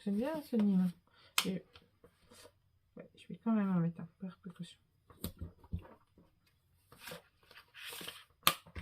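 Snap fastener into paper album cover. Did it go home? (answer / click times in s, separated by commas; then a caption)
yes / 8.5 s. Someone talks, then presses one more snap fastener into a paper scrapbook folio album cover as a precaution. After a few soft handling sounds, the fastener clacks shut with a sharp, loud snap at 8.5 s, seating it.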